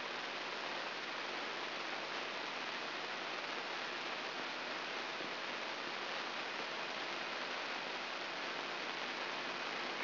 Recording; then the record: brain microelectrode recording played as sound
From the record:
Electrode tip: inside the subthalamic nucleus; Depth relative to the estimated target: -2.5 mm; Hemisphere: left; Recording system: AlphaMap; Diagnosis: Parkinson's disease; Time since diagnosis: 8 years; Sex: male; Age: 59 years